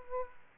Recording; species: mosquito wingbeat signal from an infrared sensor; Aedes aegypti